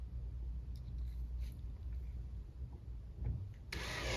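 A drill set to speed 2 with the clutch at 15 drives a Phillips driver bit into a wood screw head, with a steady low motor rumble and faint scattered ticks. At 3.7 s a sudden loud, harsh broadband grinding burst begins as the bit cams out of the screw head, leaving it stripped.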